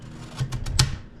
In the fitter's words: listen that click very positive click I love it